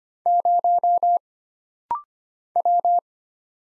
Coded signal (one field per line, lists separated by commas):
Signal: Morse code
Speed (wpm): 25 wpm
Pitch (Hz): 700 Hz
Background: none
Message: 0 W